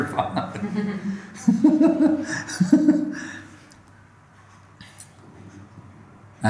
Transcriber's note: laughs